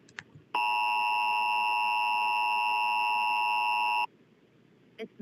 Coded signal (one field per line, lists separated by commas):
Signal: Emergency Alert System (SAME) tones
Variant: 853 and 960 Hz attention tone